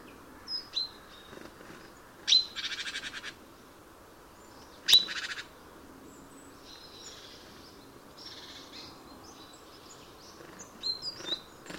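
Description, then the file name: Great tit churring calls: brief harsh rattles and short thin whistled notes scattered throughout, with quieter chirps between bursts. "Parus major"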